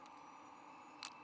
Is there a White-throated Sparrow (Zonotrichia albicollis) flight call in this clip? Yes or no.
no